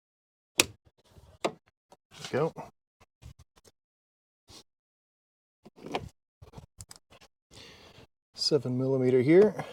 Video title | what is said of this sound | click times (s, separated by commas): Remove the Door Panel on a 2021 Ford Transit | and then it'll just pop into place let's | 0.6 s